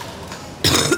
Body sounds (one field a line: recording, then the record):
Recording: coughing mixed with background sound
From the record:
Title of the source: Wet coughing